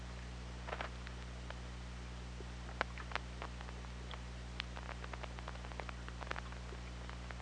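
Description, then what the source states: Killer whale echolocation, dense scattered sharp clicks running throughout, some louder than others, above a steady low hum. Recorded on the OrcaLab hydrophone, 24 August 2017, at 23:04.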